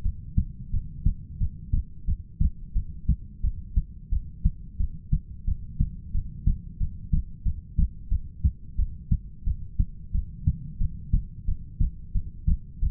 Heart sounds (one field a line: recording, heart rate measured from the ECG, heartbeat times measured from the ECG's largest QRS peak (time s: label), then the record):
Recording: heart sounds by stethoscope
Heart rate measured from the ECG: 89 bpm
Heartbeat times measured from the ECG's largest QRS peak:
0.04 s: heartbeat
0.73 s: heartbeat
1.40 s: heartbeat
2.07 s: heartbeat
2.75 s: heartbeat
3.43 s: heartbeat
4.11 s: heartbeat
4.79 s: heartbeat
5.47 s: heartbeat
6.14 s: heartbeat
6.80 s: heartbeat
7.45 s: heartbeat
8.11 s: heartbeat
8.78 s: heartbeat
9.46 s: heartbeat
10.14 s: heartbeat
10.80 s: heartbeat
11.47 s: heartbeat
12.14 s: heartbeat
12.81 s: heartbeat
From the record:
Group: heart failure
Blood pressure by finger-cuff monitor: 107/70 mmHg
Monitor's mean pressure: 83 mmHg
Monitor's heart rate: 89 bpm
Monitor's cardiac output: 7.7 L/min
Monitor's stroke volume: 85 mL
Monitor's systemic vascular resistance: 790 dyn s/cm5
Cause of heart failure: ischemic heart disease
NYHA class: 1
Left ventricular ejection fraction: 38%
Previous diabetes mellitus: present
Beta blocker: bisoprolol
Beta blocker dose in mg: 15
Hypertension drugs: sacubitril-valsartan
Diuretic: furosemide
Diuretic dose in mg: 20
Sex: male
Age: 33 years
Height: 172 cm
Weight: 78.5 kg